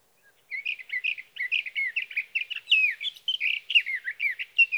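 Sage thrasher song, a rapid, unbroken jumble of warbling notes and short whistled slurs going on for over four seconds in otherwise quiet surroundings.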